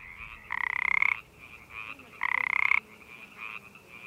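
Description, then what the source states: Pacific chorus frog calls: two loud rasping pulsed croaks, each lasting under a second, with quieter frogs calling steadily in the background. Males call to attract a female when they sense one is near; breeds November through July; call used as the nighttime soundtrack for many Hollywood movies.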